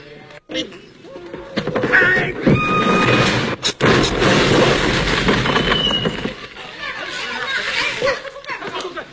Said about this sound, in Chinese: 音箱怎么掉？赶紧，这音箱怎么会掉下来？